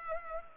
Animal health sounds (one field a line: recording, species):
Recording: mosquito wingbeat signal from an infrared sensor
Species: Culex pipiens